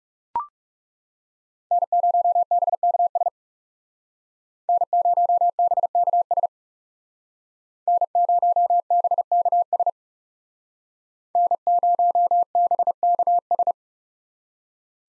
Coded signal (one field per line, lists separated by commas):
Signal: Morse code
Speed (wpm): 37 wpm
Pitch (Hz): 700 Hz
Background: none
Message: N0BKS N0BKS N0BKS N0BKS